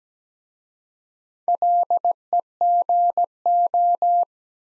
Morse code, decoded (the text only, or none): LEGO